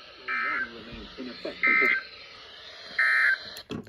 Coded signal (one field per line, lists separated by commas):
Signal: Emergency Alert System (SAME) tones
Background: speech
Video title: EAS 501-502 - SVR